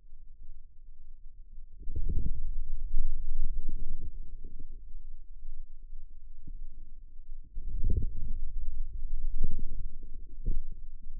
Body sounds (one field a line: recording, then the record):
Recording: forearm muscle sounds (acoustic myography)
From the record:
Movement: outward rotation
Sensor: system 2, bracelet of six BSWA MPA416 microphones around the upper forearm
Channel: 2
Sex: male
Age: 22 years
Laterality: right